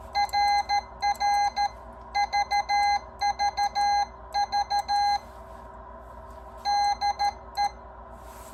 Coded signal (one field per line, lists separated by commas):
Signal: Morse code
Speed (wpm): 13 wpm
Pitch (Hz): 820 Hz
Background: none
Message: RR VVV DE